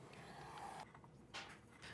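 A torque wrench set to 25–30 ft-lb tightens the oil drain plug in the oil pan of a Mazda CX-5 during an oil change. A quiet double click sounds at about 0.9 s and 1.0 s as the wrench releases at its setting, meaning the plug has reached its torque.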